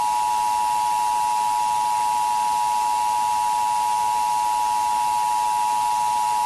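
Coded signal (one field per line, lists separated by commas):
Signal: Emergency Alert System (SAME) tones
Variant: 853 and 960 Hz attention tone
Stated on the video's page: Fictional tornado EAS scenario for entertainment, containing valid EAS tones.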